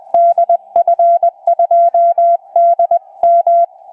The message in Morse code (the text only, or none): DF2DM